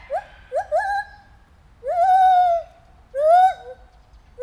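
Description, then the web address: White-handed gibbon with a few short upswept hoots, then two long loud wails rising and falling, rich in overtones. At Debrecen Zoo in 2019, during our first encounter. "allathangok debrecenizoo 2019. feherkezu gibbon"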